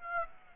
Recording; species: mosquito wingbeat signal from an infrared sensor; Aedes aegypti